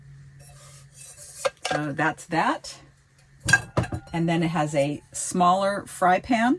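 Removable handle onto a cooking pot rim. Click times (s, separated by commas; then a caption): 1.4 s. The removable handle of a stackable cookware set is pushed onto the rim of a metal pot and latches, locking in place with a sharp click at 1.5 s. A couple of louder metallic clinks follow around 3.5–3.8 s, and someone talks throughout.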